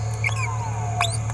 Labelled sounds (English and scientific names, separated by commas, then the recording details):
Green-rumped Parrotlet (Forpus passerinus) babbling
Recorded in a nest box in Venezuela
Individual 18B17A4